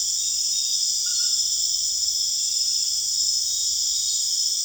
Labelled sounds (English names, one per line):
none